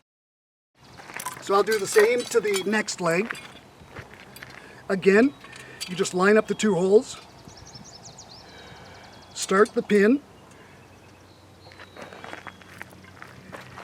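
Someone talks while lining up the two holes of a stainless steel real estate sign's leg and frame before starting the pin. Short metallic clinks come at about 1.1 s, from 4.1 to 4.6 s, and from 12.2 to 13.5 s. Nothing has seated or clicked yet.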